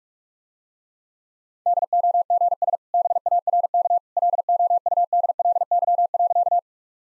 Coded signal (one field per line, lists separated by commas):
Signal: Morse code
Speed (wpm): 46 wpm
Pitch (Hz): 700 Hz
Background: none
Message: DOGS BARK LOUDLY.